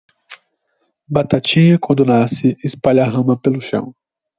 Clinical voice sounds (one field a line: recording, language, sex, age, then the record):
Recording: short text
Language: Brazilian Portuguese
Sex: male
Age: 18 to 19 years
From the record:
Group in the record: control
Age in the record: 19 years